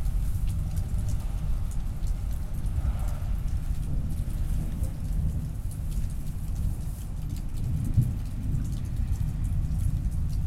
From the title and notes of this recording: October Thunderstorm in Midland. Recorded at 96kHz on my personal Zoom F6 via a matched pair of Clipply EM272s on my travel stereo bar. Thunderstorm recorded from my Dad’s front porch in Midland, Texas.